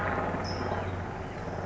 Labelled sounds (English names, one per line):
California Towhee